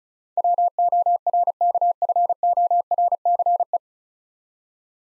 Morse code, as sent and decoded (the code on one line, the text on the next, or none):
.-- --- .-. -.- ..-. --- .-. -.-. .
WORKFORCE